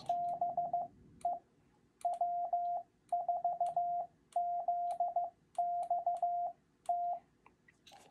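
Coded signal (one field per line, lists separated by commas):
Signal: Morse code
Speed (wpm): 15 wpm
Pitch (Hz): 700 Hz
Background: none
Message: BE W4ZXT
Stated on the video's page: Morse illustrating what is copied and sent in a basic CW contact.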